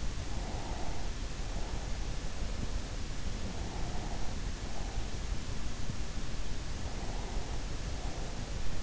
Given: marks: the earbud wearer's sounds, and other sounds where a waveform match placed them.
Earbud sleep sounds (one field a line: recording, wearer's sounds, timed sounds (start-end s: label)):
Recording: sounds in sleep by an in-ear microphone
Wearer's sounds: breath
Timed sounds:
0.11-2.23 s: breath
3.17-5.60 s: breath
6.23-8.83 s: breath